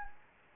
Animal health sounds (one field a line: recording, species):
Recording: mosquito wingbeat signal from an infrared sensor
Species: Anopheles gambiae